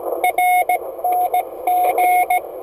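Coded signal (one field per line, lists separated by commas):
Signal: Morse code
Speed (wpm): 17 wpm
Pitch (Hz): 720 Hz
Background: radio noise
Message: RNG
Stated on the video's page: CW QSO from a car on an Icom 701 at 25W, home-made key, MFJ-1620 antenna.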